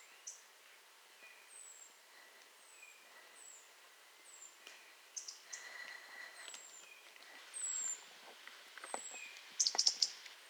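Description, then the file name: European robin producing a series of faint, high, descending thin whistles, with scattered clicks and a brief sharper ticking burst near the end. "Erithacus rubecula"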